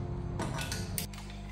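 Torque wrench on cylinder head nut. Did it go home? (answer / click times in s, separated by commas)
yes / 1.0 s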